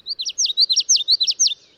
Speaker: people remember the yellowthroat song pattern with the phrase, witchity, witchity, witchity.